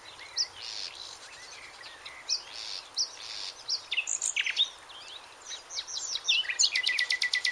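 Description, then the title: Birdsong of high sliding chirps and whistles, ending in a rapid series of sharp repeated notes, over a steady hiss. "LuckyPassaro Completos2Sama"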